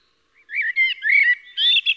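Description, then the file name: Eurasian blackbird song, a short run of clear fluty warbled notes that rise into a brighter, higher twitter at the end. "Koltrast"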